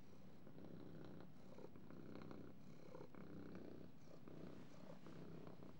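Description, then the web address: Cat purring, a low throbbing rumble. "кошки"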